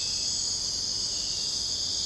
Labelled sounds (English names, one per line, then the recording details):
none
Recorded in secondary vegetation near Puerto Asís, Putumayo, Colombia, on 29 June 2025 at 04:00
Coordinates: 0.484, -76.319
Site G074